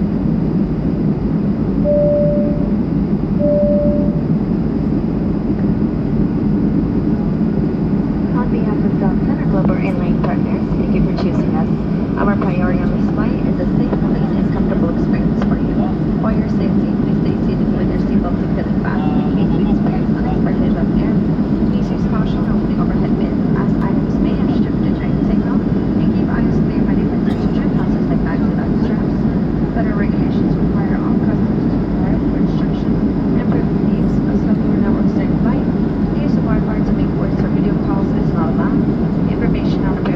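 An airplane waits for departure, heard as a steady, dense low rumble that holds at the same level for the whole stretch. A brief two-note tone sounds near the start, and faint voices and small clicks surface now and then over the drone.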